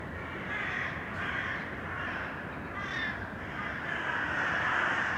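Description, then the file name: Crows cawing roughly over a constant loud background hiss. Crows recorded in an urban setting. "Detunized - Urban Crows"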